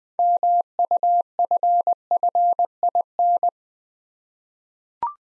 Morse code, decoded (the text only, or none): MUFFIN